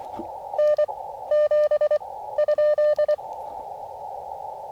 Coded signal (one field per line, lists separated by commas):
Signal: Morse code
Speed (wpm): 24 wpm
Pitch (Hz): 600 Hz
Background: radio noise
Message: N7 ?